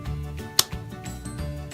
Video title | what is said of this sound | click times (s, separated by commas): On the bench series part 5 | should go in with a nice little click there we go done | 0.6 s